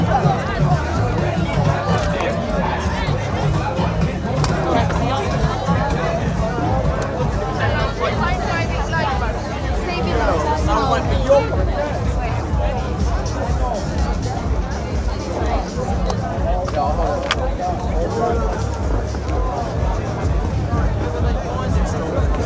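A night walk through Glastonbury festival grounds, past the Park Stage, with a steady babble of many voices throughout. Low rumbling fills the bottom end, and brief sharp clicks and knocks break through now and then, while the overall loudness stays even.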